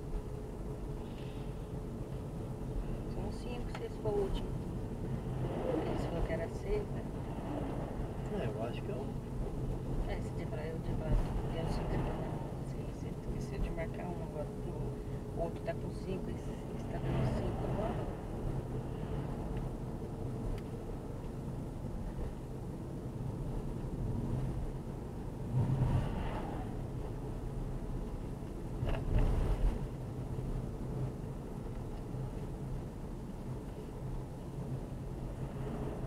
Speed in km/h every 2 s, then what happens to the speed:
38, 38, 39, 38, 39, 38, 37, 37, 38, 39, 39, 38, 38, 38, 39, 39, 38, 38.
0-36 steady at about 38.